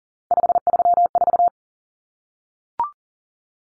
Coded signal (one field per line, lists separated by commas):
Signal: Morse code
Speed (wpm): 40 wpm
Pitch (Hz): 700 Hz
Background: none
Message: 534